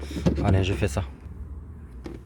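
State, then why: Seated. Someone talks while a door part with fragile plastic clips is pressed into a Seat Ibiza 6L car door with two hands, taking care of the clips, during a speaker change. After a quieter stretch, a single sharp click at 2.1 s marks the part seating in place.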